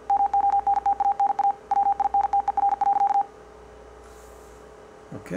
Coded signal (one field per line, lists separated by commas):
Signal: Morse code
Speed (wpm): 50 wpm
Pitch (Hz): 800 Hz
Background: none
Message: MONTANA WINTER.